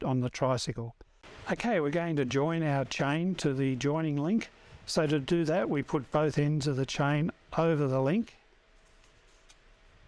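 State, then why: Not seated. Someone talks while both ends of a bicycle chain on a Sobowo fat tire tricycle are placed over the metal joining link, lining it up before the retaining plate is pushed on. The joining link has not clicked or snapped on yet. The talking stops near 8.2 s, leaving a quiet background.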